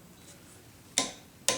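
A click-type torque wrench set to 20 ft-lbs is pulled on the next tail shaft housing bolt of a rebuilt Triumph Spitfire 1500 single rail gearbox, checked in a crossing pattern. After a quiet stretch, two sharp clicks sound at 1.0 s and 1.5 s, showing the bolt is good at its torque setting.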